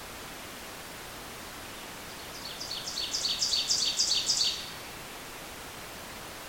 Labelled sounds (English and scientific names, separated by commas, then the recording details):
Ovenbird (Seiurus aurocapilla) song
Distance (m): 25 m
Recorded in boreal forest in Alberta, Canada, on 28 June 2016 at 08:21
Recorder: SongMeter 3, array SBT-6-79
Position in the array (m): 34 m, 128 m
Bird 40